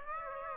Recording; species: mosquito wingbeat signal from an infrared sensor; Aedes aegypti